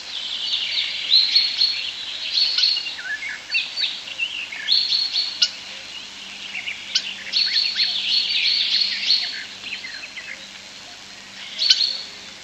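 European starling song in long bursts of squeaky chatter, rattles and whistles, broken by brief pauses.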